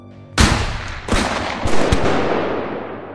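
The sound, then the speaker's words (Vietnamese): Several loud CKC rifle gunshots, about four sharp cracks fired at uneven intervals, each followed by a long rumbling decay that lingers and fades after the last shot. “Những tiếng súng CKC vang lên.”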